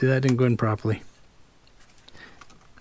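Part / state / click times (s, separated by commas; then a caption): laptop RAM module into SO-DIMM slot / seated / 2.1 s, 2.4 s. Someone talks during the first second as a RAM module is reseated in the SO-DIMM slot of a Dell Latitude E7440 laptop after it did not go in properly the first time. The stick is slid fully into the slot and pressed down, and after a quiet stretch sharp clicks at 2.1 s and 2.4 s mark the side retaining clips snapping as the module seats.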